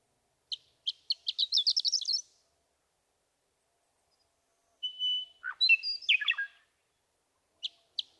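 Western meadowlark song: an accelerating run of sharp notes, then a clear whistle dropping into a tumbling gurgling phrase, with two more sharp chips to close.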